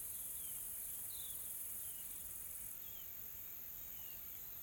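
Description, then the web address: Insects drone in a continuous high hiss that drops a little halfway, with a few faint downslurred bird whistles. Soft, calm insect ambience in tropical forest, South Africa. "Sonniss - GDC 2020-Game Audio Bundle Smart Sound FX - Nature South Africa AMBIENCE Additional Tropical Forest Soft Insects Calm"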